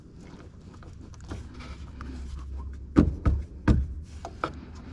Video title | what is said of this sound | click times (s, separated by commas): M2 Competition Wagenheber Aufnahme reparieren / M4 GTS Batterie #bmw #m2competition #m4gts #f87 #f82 | probiere es jetzt einfach noch mal mit ein bisschen mehr Gewalt und schau mal ob es dann ja einrastet | none